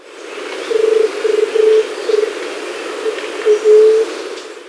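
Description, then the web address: White-tipped dove call, deep and breathy, several short hooting notes then one long low moan, with a constant background hum. Ecuador. "Birds of Ecuador. White-Tipped Dove"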